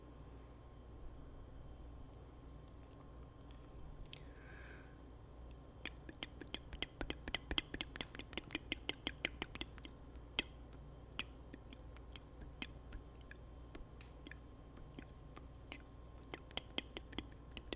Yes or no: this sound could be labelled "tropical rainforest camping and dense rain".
no